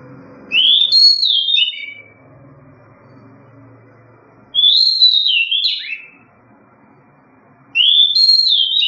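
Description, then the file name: Seychelles magpie-robin repeating a sweet whistled phrase three times, each rising then descending, a few seconds apart, the last cut off, over a soft low hum. "Pticy - drozd shama soroka sejshelskaya"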